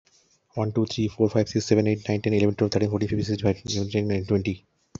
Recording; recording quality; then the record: counting at a fast pace; excellent, no background noise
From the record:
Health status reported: healthy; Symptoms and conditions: hypertension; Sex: male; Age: 47 years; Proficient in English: yes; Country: India